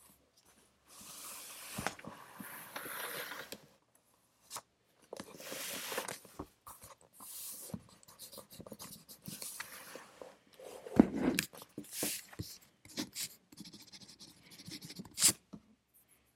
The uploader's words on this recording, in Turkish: Sessiz odada 60 dakika boyunca kurşun kalem ile ders çalışma; ortam sesleri, beyaz gürültü alt yapısı. Ev, kütüphane çalışmaları ortam sesi.